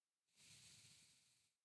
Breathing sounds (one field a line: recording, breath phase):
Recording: one breath near a microphone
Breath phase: exhalation